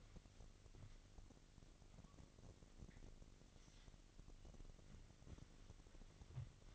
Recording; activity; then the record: daily activity, microphone in the room; wipe stove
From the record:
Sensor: 4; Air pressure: 1002.4 hPa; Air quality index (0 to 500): 216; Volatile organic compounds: 12 ppm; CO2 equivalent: 2335 ppm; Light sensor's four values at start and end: 18/66/24/24 and 18/66/24/24